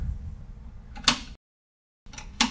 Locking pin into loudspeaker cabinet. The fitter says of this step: ingenious as these pins lock directly into the side of the box so now it's